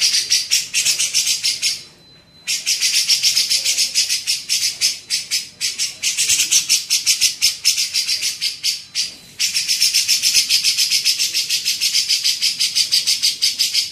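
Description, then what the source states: Grey-cheeked bulbul delivering a nearly continuous stream of grating, buzzy pulses with two short breaks. Cucak jenggot, masteran training recording for teaching songbirds.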